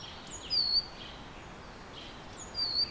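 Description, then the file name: Great tit with two clear, high whistled notes about two seconds apart, each dipping slightly in pitch, against light background noise. "Parus major"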